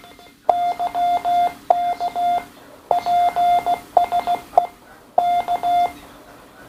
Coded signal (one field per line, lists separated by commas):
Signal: Morse code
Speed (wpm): 15 wpm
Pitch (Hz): 700 Hz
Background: none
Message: YK PSE K